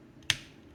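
A plastic radar dish accessory is pushed back onto a Transformers x TMNT 2024 collaborative Party Wallop transforming robot figure. A single sharp snap is heard at 0.3 s against quiet background, with faint softer ticks around it. The dish snaps back on and is seated.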